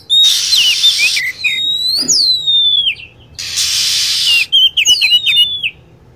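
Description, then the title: Lovebird calls: two loud stretches of hissing noise alternating with shrill, falling whistles, ending in a fast burst of chattering chirps. Lure sound used to attract lovebirds. "PIKAT BURUNG LOVEBIRD"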